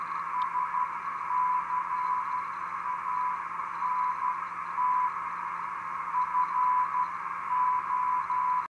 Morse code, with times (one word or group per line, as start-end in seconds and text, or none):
0.3-5.1 SCANT
6.2-8.6 FO